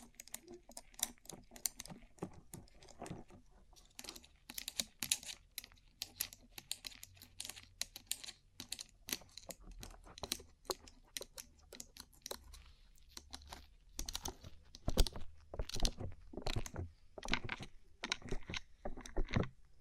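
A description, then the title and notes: Quick, crisp tapping on a rhinestone-covered surface, with sharp bright clicks arriving in dense, irregular bursts throughout. The taps sound small-scale, like fingernails on hard little stones, with a faint low rumble underneath. ASMR Rhinestone Covered Tapping 3Dio (No Talking).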